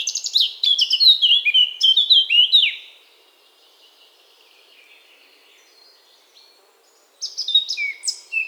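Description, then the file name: Eurasian blackcap song phrase: jumbled twittering, then bright, fluty whistles dipping downward, a quiet gap of several seconds, then another phrase begins. "Sylvia atricapilla"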